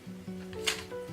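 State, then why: Not seated. A light stand height lock on its tube is handled while the stand is brought down to a lower height because it is too tall and keeps hitting the ceiling. Steady low tones run underneath, with one brief sharp noise near 0.7 seconds. Nothing has seated or clicked into place yet.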